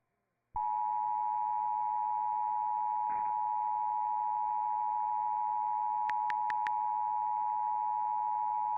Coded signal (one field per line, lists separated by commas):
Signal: Emergency Alert System (SAME) tones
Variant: 853 and 960 Hz attention tone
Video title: TWO DAYS LATER: MORE STORMS IN THE DFW AREA... EAS Alerts from 12/26/24 (EAS #5,305 - 5,339)